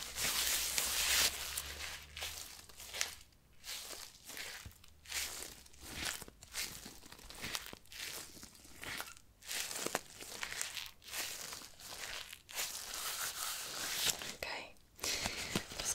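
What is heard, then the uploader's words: Glove sounds: repeated bright crinkling and rubbing bursts, fairly regular about every second, with a low hum early and brief quiet gaps. ASMR Glove Sounds For Tingles & Sleep.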